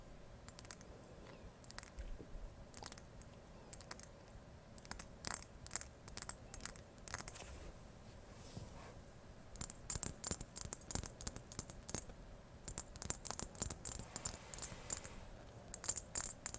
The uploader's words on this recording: Ear to Ear tapping, scratching, brushing (No Talking).